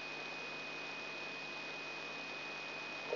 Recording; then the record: brain microelectrode recording played as sound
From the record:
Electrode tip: inside the subthalamic nucleus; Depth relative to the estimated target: 1 mm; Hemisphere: right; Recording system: AlphaMap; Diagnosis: Parkinson's disease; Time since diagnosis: 6 years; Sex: female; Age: 40 years